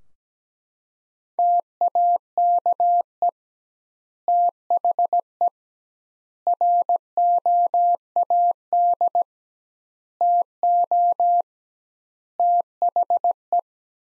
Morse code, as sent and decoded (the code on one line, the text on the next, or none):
- .- -.- . / - .... . / .-. --- .- -.. / - --- / - .... .
TAKE THE ROAD TO THE